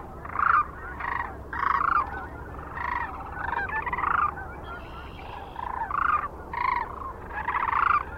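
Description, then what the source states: Sandhill Crane calls, loud rolling rattled notes repeated in quick bursts by several birds. Recorded 9 March 2004 near Kearney, Nebraska, together with other sounds.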